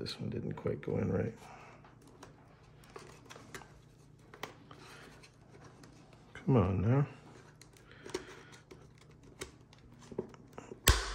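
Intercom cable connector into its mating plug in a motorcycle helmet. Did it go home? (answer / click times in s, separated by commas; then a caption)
yes / 10.9 s. Someone talks while pushing the Sena SRL Mesh intercom's cable connector into its mating plug inside a Shoei Neotec II motorcycle helmet, with scattered small handling ticks and scrapes after a struggling first attempt. At 10.9 s a sharp, loud click rings out as the connector seats properly.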